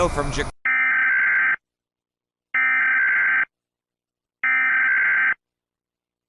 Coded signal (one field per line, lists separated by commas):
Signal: Emergency Alert System (SAME) tones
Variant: header bursts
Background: speech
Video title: Eas scenario: shorts wars